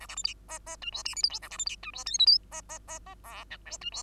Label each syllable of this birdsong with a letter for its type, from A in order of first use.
A B C D E E F G H I J K A B C D F G L M N E E E E O P Q F G